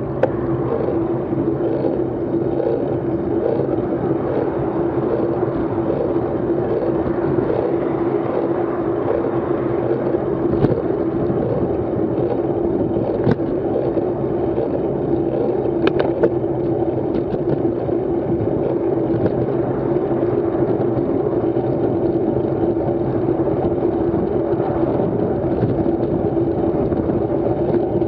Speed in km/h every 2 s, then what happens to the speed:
21, 23, 22, 20, 21, 23, 24, 29, 25, 32, 31, 31, 30, 33.
0-9 steady at about 21. 9-19 speeds up to 32. 19-28 steady at about 31.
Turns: none.